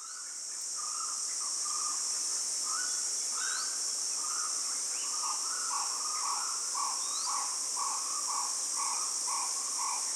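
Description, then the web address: Cricket chorus, a steady high shimmering trill throughout, with repeated warbled bird calls and a few rising whistled notes. Australian bush, morning, with tropical birds. "Australian Nature Sounds - Crickets Tropical Birds Morning Birds Bird Calls"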